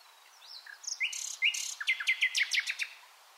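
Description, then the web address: Common nightingale song, a few soft notes building into a rapid series of sharp repeated whistled notes. "SETE Luscinia megarhynchos"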